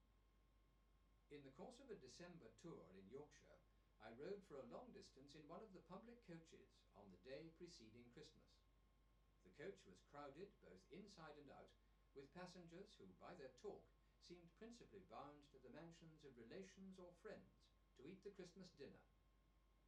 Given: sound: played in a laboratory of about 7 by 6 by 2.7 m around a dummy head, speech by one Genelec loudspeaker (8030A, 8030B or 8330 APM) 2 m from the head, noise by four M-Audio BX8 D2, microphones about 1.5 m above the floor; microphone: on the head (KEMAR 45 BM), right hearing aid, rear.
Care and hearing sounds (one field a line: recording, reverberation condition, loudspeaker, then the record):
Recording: male speech in English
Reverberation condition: low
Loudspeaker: 120 degrees to the left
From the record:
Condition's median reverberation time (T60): about 310 ms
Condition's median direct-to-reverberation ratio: about 3.5 dB